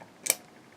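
A compression tester gauge is pushed onto the quick-release coupling of a hose screwed into a spark plug hole. It gives a single sharp, bright click at 0.3 s, with a short burst of shuffling just before it, and the coupler seats.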